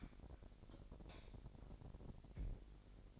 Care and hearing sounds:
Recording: daily activity, microphone in the room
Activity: light off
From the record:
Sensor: 5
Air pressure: 1012.0 hPa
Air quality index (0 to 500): 247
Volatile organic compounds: 5 ppm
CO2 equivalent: 1710 ppm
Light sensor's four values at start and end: 42/100/42/44 and 41/95/40/42

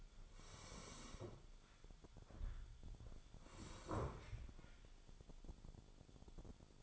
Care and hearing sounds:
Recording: daily activity, microphone in the room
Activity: sit down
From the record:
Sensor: 5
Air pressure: 1015.3 hPa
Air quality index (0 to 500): 178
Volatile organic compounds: 6 ppm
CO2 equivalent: 1932 ppm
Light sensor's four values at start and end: 37/83/34/33 and 37/83/34/32

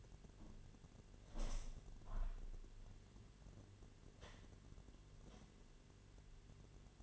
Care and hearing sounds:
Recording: daily activity, microphone in the room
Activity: open window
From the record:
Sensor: 4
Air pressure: 1007.3 hPa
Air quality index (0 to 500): 198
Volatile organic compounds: 7 ppm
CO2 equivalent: 1968 ppm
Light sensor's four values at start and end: 23/73/28/27 and 23/73/28/27

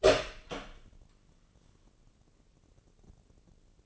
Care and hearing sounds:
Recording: daily activity, microphone in the room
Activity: open door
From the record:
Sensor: 4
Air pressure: 1012.9 hPa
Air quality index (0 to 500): 179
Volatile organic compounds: 2 ppm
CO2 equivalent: 1125 ppm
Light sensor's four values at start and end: 68/166/70/70 and 94/235/97/102

